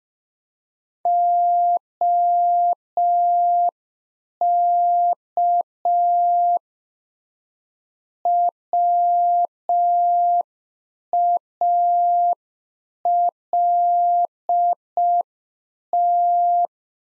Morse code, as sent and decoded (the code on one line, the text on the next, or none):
--- -.- / .-- .- .-.. -
OK WALT